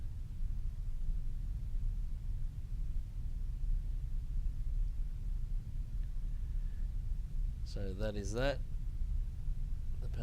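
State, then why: Seated. A hinged plastic panel on a Star Wars The Vintage Collection Slave I toy spaceship is pushed closed into the hull over a steady low background hum, while someone talks briefly around 8 seconds. A short, faint click at 10.1 s marks the panel snapping back into place, where it sits almost seamless.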